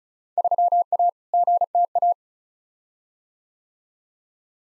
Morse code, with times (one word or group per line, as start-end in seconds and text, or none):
0.4-1.1 3A
1.3-2.1 GTA